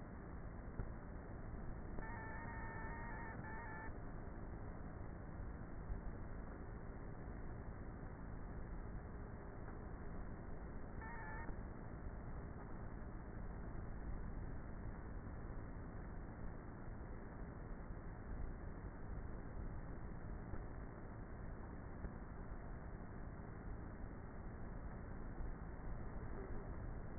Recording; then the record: honeybee colony, microphone inside the hive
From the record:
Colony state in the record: queenless with a low population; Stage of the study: before two queens were removed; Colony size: about 30,000 bees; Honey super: no